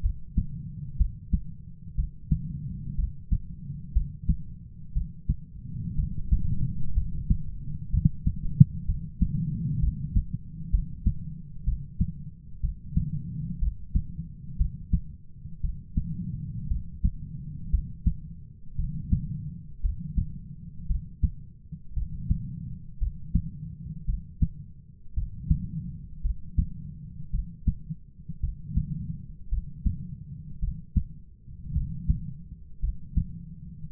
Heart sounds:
heart sounds by stethoscope; 58 bpm
0.01 s: heartbeat
0.97 s: heartbeat
1.95 s: heartbeat
2.95 s: heartbeat
3.92 s: heartbeat
4.93 s: heartbeat
5.95 s: heartbeat
6.93 s: heartbeat
7.90 s: heartbeat
8.85 s: heartbeat
9.79 s: heartbeat
10.70 s: heartbeat
11.64 s: heartbeat
12.60 s: heartbeat
13.59 s: heartbeat
14.57 s: heartbeat
15.61 s: heartbeat
16.67 s: heartbeat
17.70 s: heartbeat
18.75 s: heartbeat
19.80 s: heartbeat
20.86 s: heartbeat
21.93 s: heartbeat
22.98 s: heartbeat
24.05 s: heartbeat
25.13 s: heartbeat
26.21 s: heartbeat
27.30 s: heartbeat
28.40 s: heartbeat
29.48 s: heartbeat
30.59 s: heartbeat
31.72 s: heartbeat
32.79 s: heartbeat
33.91 s: heartbeat
From the record:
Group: heart failure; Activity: rest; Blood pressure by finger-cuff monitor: 67/37 mmHg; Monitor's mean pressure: 48 mmHg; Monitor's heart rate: 58 bpm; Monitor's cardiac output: 4.9 L/min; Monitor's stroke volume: 84 mL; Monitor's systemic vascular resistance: 650 dyn s/cm5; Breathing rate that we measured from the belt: 19 breaths a minute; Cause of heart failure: dilated cardiomyopathy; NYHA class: 3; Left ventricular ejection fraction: 27%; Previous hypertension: present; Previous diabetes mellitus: present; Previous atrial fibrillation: present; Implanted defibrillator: present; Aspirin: present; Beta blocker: bisoprolol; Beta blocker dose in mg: 1.25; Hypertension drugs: sacubitril-valsartan, spironolactone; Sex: female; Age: 39 years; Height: 170 cm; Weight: 64 kg

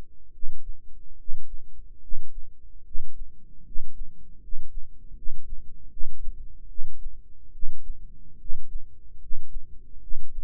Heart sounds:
heart sounds by microphone in the right ear; 74 bpm
0.31 s: heartbeat
1.16 s: heartbeat
1.99 s: heartbeat
2.83 s: heartbeat
3.63 s: heartbeat
4.39 s: heartbeat
5.13 s: heartbeat
5.89 s: heartbeat
6.67 s: heartbeat
7.51 s: heartbeat
8.37 s: heartbeat
9.18 s: heartbeat
9.99 s: heartbeat
From the record:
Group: healthy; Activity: rest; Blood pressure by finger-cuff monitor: 107/69 mmHg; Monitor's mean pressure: 75 mmHg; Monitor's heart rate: 72 bpm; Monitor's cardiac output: 6.7 L/min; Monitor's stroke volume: 95 mL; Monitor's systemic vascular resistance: 810 dyn s/cm5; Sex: male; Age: 35 years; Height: 180 cm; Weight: 86.9 kg

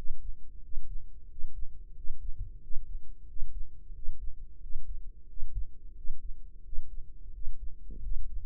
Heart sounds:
heart sounds by microphone in the right ear; 89 bpm
0.63 s: heartbeat
1.30 s: heartbeat
1.96 s: heartbeat
2.63 s: heartbeat
3.28 s: heartbeat
3.95 s: heartbeat
4.62 s: heartbeat
5.29 s: heartbeat
5.97 s: heartbeat
6.65 s: heartbeat
7.34 s: heartbeat
8.04 s: heartbeat
From the record:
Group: healthy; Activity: breath hold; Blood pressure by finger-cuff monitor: 129/76 mmHg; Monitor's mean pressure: 87 mmHg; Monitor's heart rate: 90 bpm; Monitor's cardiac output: 6.8 L/min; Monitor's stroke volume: 76 mL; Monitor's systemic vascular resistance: 900 dyn s/cm5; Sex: male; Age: 21 years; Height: 175 cm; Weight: 72.6 kg

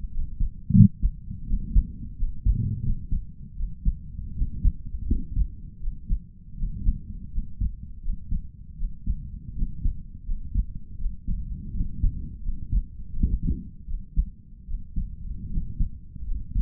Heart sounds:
heart sounds by stethoscope; 82 bpm
0.10 s: heartbeat
0.72 s: heartbeat
1.45 s: heartbeat
2.15 s: heartbeat
2.81 s: heartbeat
3.55 s: heartbeat
4.34 s: heartbeat
5.05 s: heartbeat
5.79 s: heartbeat
6.55 s: heartbeat
7.30 s: heartbeat
8.00 s: heartbeat
8.76 s: heartbeat
9.54 s: heartbeat
10.24 s: heartbeat
10.96 s: heartbeat
11.72 s: heartbeat
12.41 s: heartbeat
13.11 s: heartbeat
13.85 s: heartbeat
14.65 s: heartbeat
15.48 s: heartbeat
16.23 s: heartbeat
From the record:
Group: healthy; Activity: rest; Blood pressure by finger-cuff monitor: 108/69 mmHg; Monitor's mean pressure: 78 mmHg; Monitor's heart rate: 82 bpm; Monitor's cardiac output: 5.6 L/min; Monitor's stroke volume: 66 mL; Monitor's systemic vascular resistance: 1020 dyn s/cm5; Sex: male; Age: 22 years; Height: 181 cm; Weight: 60 kg

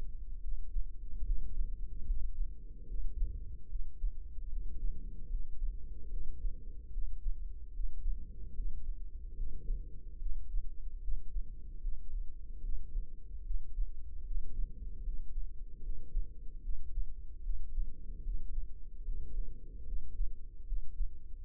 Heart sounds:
heart sounds by microphone in the left ear; 74 bpm
0.39 s: heartbeat
1.23 s: heartbeat
2.05 s: heartbeat
2.86 s: heartbeat
3.67 s: heartbeat
4.48 s: heartbeat
5.28 s: heartbeat
6.08 s: heartbeat
6.89 s: heartbeat
7.71 s: heartbeat
8.53 s: heartbeat
9.34 s: heartbeat
10.17 s: heartbeat
10.99 s: heartbeat
11.79 s: heartbeat
12.60 s: heartbeat
13.42 s: heartbeat
14.22 s: heartbeat
15.02 s: heartbeat
15.81 s: heartbeat
16.60 s: heartbeat
17.41 s: heartbeat
18.22 s: heartbeat
19.03 s: heartbeat
19.84 s: heartbeat
20.63 s: heartbeat
21.43 s: heartbeat
From the record:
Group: healthy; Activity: rest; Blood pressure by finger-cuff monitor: 109/81 mmHg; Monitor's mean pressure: 91 mmHg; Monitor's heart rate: 74 bpm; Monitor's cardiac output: 5.3 L/min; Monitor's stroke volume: 71 mL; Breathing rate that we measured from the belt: 18 breaths a minute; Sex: female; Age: 32 years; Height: 172 cm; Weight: 71.7 kg

